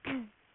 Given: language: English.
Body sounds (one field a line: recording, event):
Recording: throat vibration sensor signal played as sound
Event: throat clearing